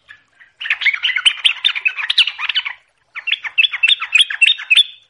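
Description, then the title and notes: Yellow-vented Bulbul chattering song in two dense bursts of quick, bubbly notes, separated by a short pause. Lure recording (pancingan) for dawn, midday, afternoon and night, meant to make the bird sing quickly and continuously (gacor, ropel). "Pancingan Subuh Siang Sore Malam Untuk TRUCUKAN Agar Cepat Gacor Dan Ropel. Kicau Burung Trucukan"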